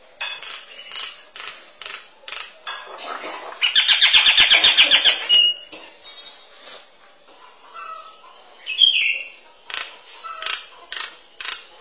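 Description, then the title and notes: Starling song of clicks and scratchy notes, with a loud buzzy rattle in the middle followed by softer whistles and chirps. "suara burung jalak"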